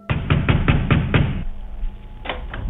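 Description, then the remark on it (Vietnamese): Heavy, booming bangs on a door: about six rapid, evenly spaced thuds, a short pause, then two more loud blows. Nobody speaks. “Loáng thoáng Vũ nghe thấy giọng của thằng Mẫn vang lên ở bên ngoài, kèm theo đó là tiếng đập cửa rầm rầm.”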